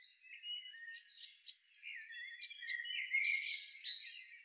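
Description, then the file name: Eurasian blue tit giving a high, thin call: several sharp descending notes over about two seconds, with softer chirps before and after. "Cyanistes caeruleus"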